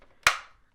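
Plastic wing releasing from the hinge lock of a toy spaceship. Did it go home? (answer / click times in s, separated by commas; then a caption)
released / 0.3 s. A plastic wing on a toy spaceship is tilted forward, releasing it from its hinge lock so the locked wings pop back up. A sharp, bright snap at 0.3 s rings briefly and fades over about a quarter second against near silence. The wings are released.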